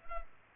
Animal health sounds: mosquito wingbeat signal from an infrared sensor; Culex pipiens

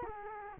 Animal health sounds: mosquito wingbeat signal from an infrared sensor; Culex quinquefasciatus

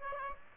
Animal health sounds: mosquito wingbeat signal from an infrared sensor; Aedes aegypti

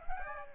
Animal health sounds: mosquito wingbeat signal from an infrared sensor; Aedes aegypti

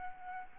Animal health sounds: mosquito wingbeat signal from an infrared sensor; Aedes albopictus

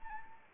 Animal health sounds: mosquito wingbeat signal from an infrared sensor; Anopheles arabiensis

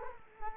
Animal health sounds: mosquito wingbeat signal from an infrared sensor; Culex quinquefasciatus

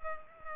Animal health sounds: mosquito wingbeat signal from an infrared sensor; Culex pipiens

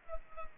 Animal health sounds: mosquito wingbeat signal from an infrared sensor; Culex pipiens

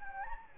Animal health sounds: mosquito wingbeat signal from an infrared sensor; Anopheles gambiae

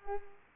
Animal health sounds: mosquito wingbeat signal from an infrared sensor; Culex pipiens

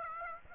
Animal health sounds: mosquito wingbeat signal from an infrared sensor; Aedes aegypti

